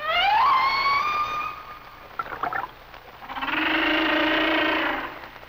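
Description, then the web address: Humpback whale song with a rising upswept wail that holds steady, a brief warbling flourish, then a long broad buzzy moan with stacked harmonics. "Whale Songs Sounds of Nature - Humpback Whales"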